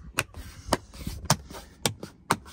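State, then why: Seated. Plastic push pins on an interior trim panel of an F150 Lightning truck are lined up and pressed into the body one after another during an adaptive cruise control install. Five sharp snaps ring out at 0.2, 0.7, 1.3, 1.9 and 2.3 seconds over a low background rumble. The pins seat in place.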